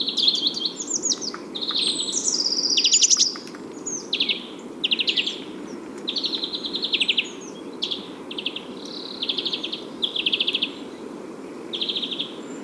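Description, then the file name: European greenfinch twittering: a near-continuous run of quick chirps and short rattling trills, varied and high-pitched, over a constant low background hum. "Chloris chloris"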